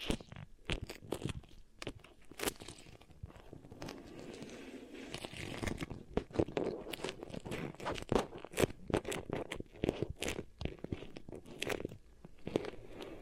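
Beeswax ear triggers: soft, sticky crunching and crackling, pressed and pulled in uneven bursts. Sharp clicks and crinkles pop out every fraction of a second, thickest near the start and after the six-second mark, over a low, quiet rustle that never fully stops.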